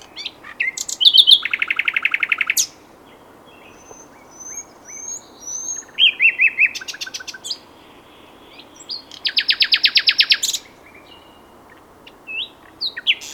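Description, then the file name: Common nightingale song in three loud phrases, each built on a rapid string of repeated notes, with thin high whistles and short chirps between. "Luscinia megarhynchos"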